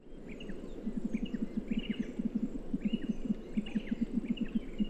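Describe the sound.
Tasmanian nativehen calling in fast, rhythmic low grunting pulses, steady throughout, with small birds chirping and twittering higher up.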